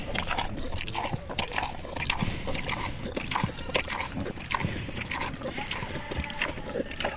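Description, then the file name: Pig (Landrace): pig eating, with wet chomping and crunching in an irregular rapid stream. Landrace breed pig eating peaches. "ANIMAL PIG LANDRACE EATING SEQUENCE"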